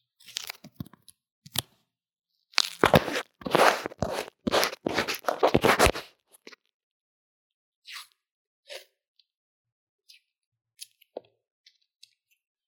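Lo-fi drawing and makeup sounds: a few light taps and scrapes open, then from about 2.5 to 6 seconds a dense run of rough, scratchy strokes. After that, only sparse small clicks and brushes break long stretches of quiet.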